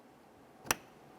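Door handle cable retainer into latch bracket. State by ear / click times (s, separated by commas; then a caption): seated / 0.7 s. On a 2005-2010 Chevy Cobalt front exterior door handle replacement, the handle cable is slid into place and its plastic retainer is locked down into the latch bracket. A single sharp click sounds at 0.7 s against a quiet background, and the retainer is seated and locked.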